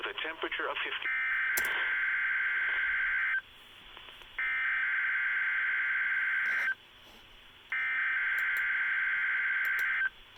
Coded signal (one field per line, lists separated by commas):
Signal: Emergency Alert System (SAME) tones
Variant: header bursts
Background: speech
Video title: EAS 1785-1786 KEC65 RWT